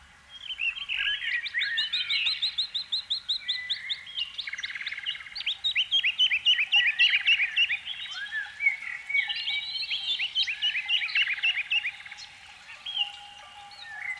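Canary song: a fast, continuous run of trills and repeated sweeping notes, each phrase changing into a new rolling series, over a faint steady hum.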